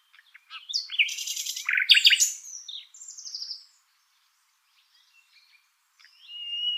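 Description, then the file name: Common nightingale song: loud rich phrases mixing harsh rattles and sweeping whistles, then softer notes, a quiet gap and a final whistled phrase. "Luscinia megarhynchos"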